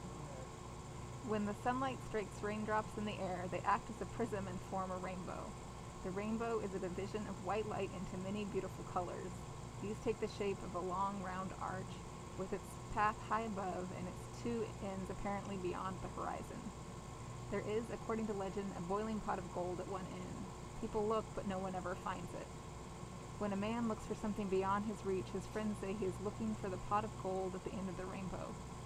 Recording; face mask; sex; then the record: reading aloud; surgical mask; female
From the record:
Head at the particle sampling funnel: turned sideways, cheek in front of it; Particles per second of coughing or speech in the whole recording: 0.843